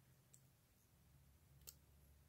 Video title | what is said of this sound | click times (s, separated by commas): Let's put together a Kyosho model kit Ferrari and look at a really awesome Konami Nissan 240Z | we go it just snapped right in there | 1.7 s